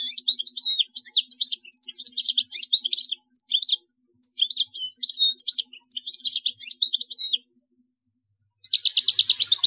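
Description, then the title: European goldfinch song: rapid tinkling twittering phrases of high liquid chirps for about seven seconds, a short pause, then a buzzy nasal trill at the end. "Chant Chardonneret"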